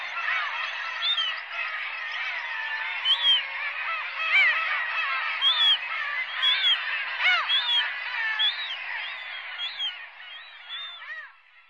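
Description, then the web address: Black-tailed gulls calling as a dense chorus, overlapping nasal mewing and yelping cries run continuously, with sharper high notes breaking out now and then, fading near the end. Sakhalin and Kuril Islands. "priroda sakhalina i kuril. Larus crassirostris"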